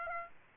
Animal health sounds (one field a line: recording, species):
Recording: mosquito wingbeat signal from an infrared sensor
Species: Aedes aegypti